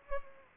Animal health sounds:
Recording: mosquito wingbeat signal from an infrared sensor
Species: Anopheles gambiae

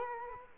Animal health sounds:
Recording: mosquito wingbeat signal from an infrared sensor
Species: Culex quinquefasciatus

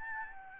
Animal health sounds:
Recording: mosquito wingbeat signal from an infrared sensor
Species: Aedes albopictus

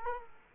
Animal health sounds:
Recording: mosquito wingbeat signal from an infrared sensor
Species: Culex quinquefasciatus

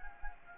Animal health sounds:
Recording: mosquito wingbeat signal from an infrared sensor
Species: Anopheles gambiae

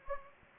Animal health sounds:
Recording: mosquito wingbeat signal from an infrared sensor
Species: Anopheles gambiae

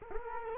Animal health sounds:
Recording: mosquito wingbeat signal from an infrared sensor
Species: Culex quinquefasciatus

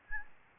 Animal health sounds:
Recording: mosquito wingbeat signal from an infrared sensor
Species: Aedes albopictus

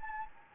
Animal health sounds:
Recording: mosquito wingbeat signal from an infrared sensor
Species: Anopheles gambiae

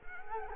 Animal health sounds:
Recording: mosquito wingbeat signal from an infrared sensor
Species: Culex quinquefasciatus

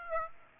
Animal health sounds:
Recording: mosquito wingbeat signal from an infrared sensor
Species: Aedes aegypti

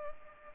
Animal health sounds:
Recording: mosquito wingbeat signal from an infrared sensor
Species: Culex pipiens

